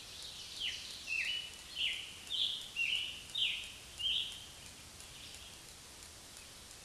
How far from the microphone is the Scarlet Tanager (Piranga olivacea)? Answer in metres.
about 10 m